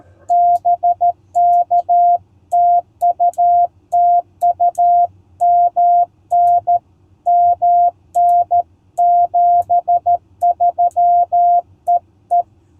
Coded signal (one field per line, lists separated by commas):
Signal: Morse code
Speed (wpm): 13 wpm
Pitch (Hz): 700 Hz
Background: none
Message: BK TUTU MN MN 73 EE